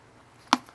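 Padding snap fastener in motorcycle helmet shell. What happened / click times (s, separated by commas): The plastic snap popped free / 0.5 s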